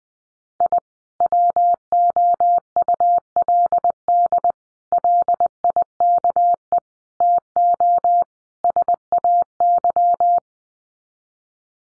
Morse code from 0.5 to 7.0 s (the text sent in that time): I WOULD LIKE